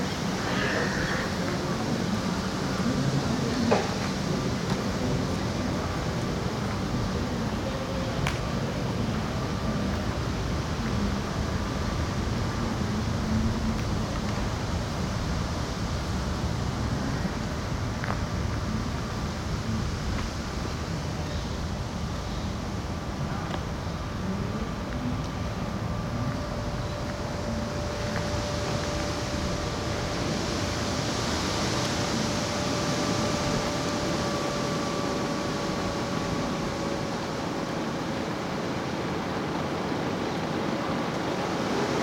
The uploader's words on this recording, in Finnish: Jani Orbinskin ääniteos vie kuuntelijan matkalle kesäiseen Suomeen. Teos yhdistelee binauraaliäänityksiä ja Geofón-mikrofonilla äänitettyjä maaperän ääniä sekä erilaisten rakenteiden sointeja ja resonansseja.